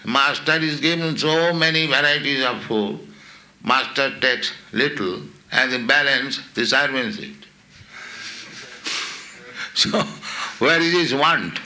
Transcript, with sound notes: Master is given so many varieties of food. Master takes little, and the balance the servants eat. [laughs] So where is his want?